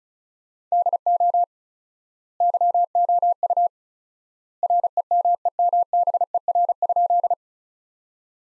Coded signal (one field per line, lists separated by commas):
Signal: Morse code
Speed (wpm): 34 wpm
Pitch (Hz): 700 Hz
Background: none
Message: DO YOU REMEMBER?